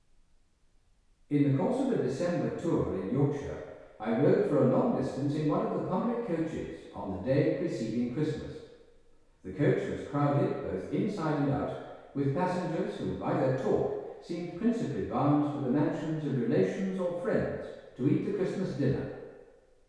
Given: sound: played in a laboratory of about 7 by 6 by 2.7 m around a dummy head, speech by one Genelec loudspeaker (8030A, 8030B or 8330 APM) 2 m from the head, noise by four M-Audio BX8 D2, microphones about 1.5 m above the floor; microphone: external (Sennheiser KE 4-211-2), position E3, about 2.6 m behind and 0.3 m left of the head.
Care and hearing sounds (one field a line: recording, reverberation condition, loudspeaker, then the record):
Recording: male speech in English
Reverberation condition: high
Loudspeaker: 150 degrees to the right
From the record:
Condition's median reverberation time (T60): about 1300 ms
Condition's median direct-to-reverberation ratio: about -4.0 dB